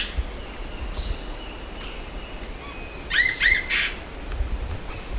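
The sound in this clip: Bird call: one short phrase of two rising hooked chirps and a buzzy note, with faint chirps and a steady high hiss in the background.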